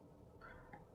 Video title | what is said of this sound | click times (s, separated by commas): Butterfly Elektra Food Processor Detailed Review😍😍 - என்னலாம் இருக்குன்னு பாக்கலாம் - Debby Tube - | வந்து பாத்தீங்க அப்படின்னா இது வந்து உள்ள போய் லாக் ஆயிடுச்சு. | 0.7 s